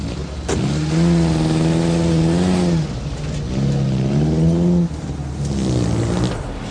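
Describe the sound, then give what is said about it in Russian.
The engine of a white GAZ-24 taxi revs up and accelerates in three rising surges, each climbing in pitch before easing off as it shifts gears, loud and steady with a faint hiss, no voices. “Заметив сыщиков, Сойченко сбежал через черный ход и сел в такси.”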